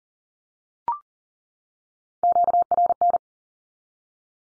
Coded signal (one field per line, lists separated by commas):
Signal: Morse code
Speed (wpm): 40 wpm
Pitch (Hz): 700 Hz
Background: none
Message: QRN